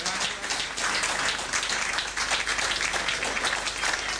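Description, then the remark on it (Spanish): A crowd at an evening gathering applauds steadily to welcome first-time attendees, many hands clapping in a dense, hissing wash that stays loud and even throughout, with no voices standing out. “Este aplauso es para los que vienen por primera vez.”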